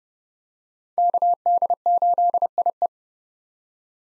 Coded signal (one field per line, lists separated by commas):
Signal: Morse code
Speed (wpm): 30 wpm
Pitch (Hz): 700 Hz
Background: none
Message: KD8IE